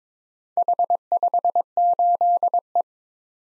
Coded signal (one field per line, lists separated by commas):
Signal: Morse code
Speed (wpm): 22 wpm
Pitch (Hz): 700 Hz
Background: none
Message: H58E